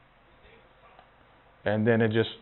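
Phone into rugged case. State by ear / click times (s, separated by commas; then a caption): not seated / none. The bottom of a Note 20 Ultra phone is placed into an Encased Rebel plastic rugged case first and lined up, with only faint, quiet handling noise for the first 1.6 seconds. Someone then talks until the end. Nothing has snapped or clicked into place yet, because the top has not been pressed home.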